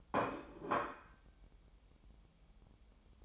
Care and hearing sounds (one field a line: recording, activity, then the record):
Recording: daily activity, microphone in the room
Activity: place plate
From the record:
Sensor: 1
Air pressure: 988.6 hPa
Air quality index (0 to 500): 197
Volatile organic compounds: 955 ppm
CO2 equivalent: 5248 ppm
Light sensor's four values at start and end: 25/93/35/36 and 25/93/35/36